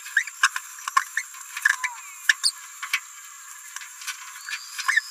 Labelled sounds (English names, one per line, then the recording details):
Green-rumped Parrotlet babbling
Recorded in a nest box in Venezuela
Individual 18B17A4